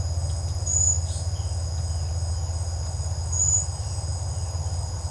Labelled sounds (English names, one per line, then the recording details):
none
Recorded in secondary vegetation near Puerto Asís, Putumayo, Colombia, on 16 December 2024 at 07:30
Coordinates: 0.499, -76.323
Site G010